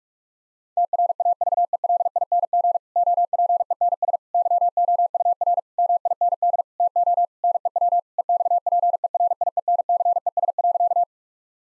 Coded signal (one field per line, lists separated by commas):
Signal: Morse code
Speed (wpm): 46 wpm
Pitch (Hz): 700 Hz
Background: none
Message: TRAVELING OPENS YOUR MIND TO NEW EXPERIENCES.